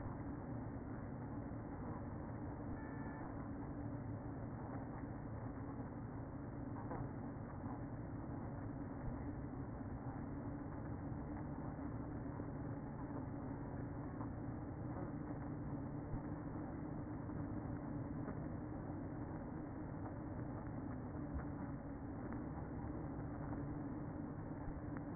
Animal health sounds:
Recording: honeybee colony, microphone inside the hive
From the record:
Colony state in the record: queen present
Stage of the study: after two queens were removed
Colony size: about 60,000 bees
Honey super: yes

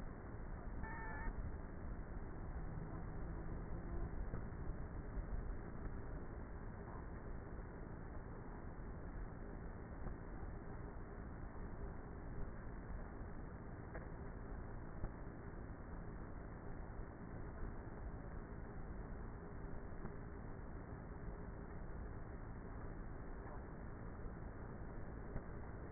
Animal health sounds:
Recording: honeybee colony, microphone inside the hive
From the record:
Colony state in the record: queenless with a low population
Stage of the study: before two queens were removed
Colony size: about 30,000 bees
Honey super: no

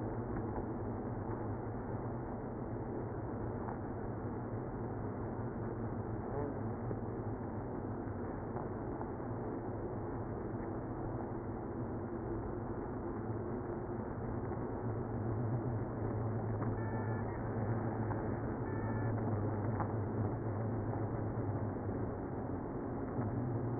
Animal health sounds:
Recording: honeybee colony, microphone inside the hive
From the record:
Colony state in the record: queenless (queen removed)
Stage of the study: after two queens were removed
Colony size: about 60,000 bees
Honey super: yes

